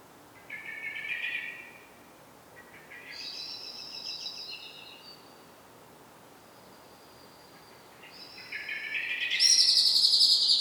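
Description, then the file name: Eurasian blackbird with a lower twittering phrase, then higher strained notes, ending in a loud, high, squeaky twitter. "Turdus merula"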